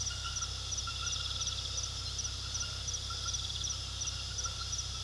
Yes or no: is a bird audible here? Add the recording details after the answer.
no. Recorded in pastures near Puerto Asís, Putumayo, Colombia, on 18 February 2024 at 22:00. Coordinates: 0.486, -76.323. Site G6462